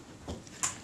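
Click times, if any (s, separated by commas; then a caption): none. An interchangeable lens is fitted to the front of a Kodak Retina IIIS rangefinder camera body: the red dots are lined up and the metal bayonet mount is rotated. There is a soft low thump near 0.3 s, a faint tick at 0.5 s, and a brighter metallic scrape around 0.6 s. Nothing has seated or clicked into place yet.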